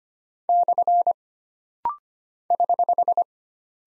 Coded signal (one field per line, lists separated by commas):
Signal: Morse code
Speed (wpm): 25 wpm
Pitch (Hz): 700 Hz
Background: none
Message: / <HH>